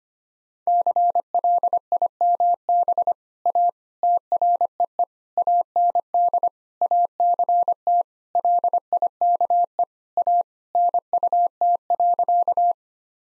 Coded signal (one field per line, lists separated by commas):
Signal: Morse code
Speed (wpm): 25 wpm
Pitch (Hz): 700 Hz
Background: none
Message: CLIMB A TREE AND ACT LIKE A NUT.